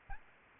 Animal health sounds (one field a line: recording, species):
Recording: mosquito wingbeat signal from an infrared sensor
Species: Aedes albopictus